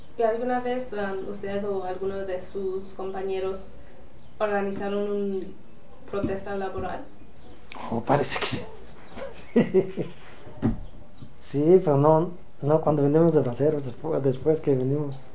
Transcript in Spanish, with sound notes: Y, ¿alguna vez usted o alguno de sus compañeros organizaron un protesta laboral?
Parece que sí. (risas) Sí, pero no cuando vinimos de braceros, después que vinimos.